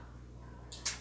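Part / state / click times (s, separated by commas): magnetic chin-strap buckle of a riding helmet / seated / 0.7 s, 0.9 s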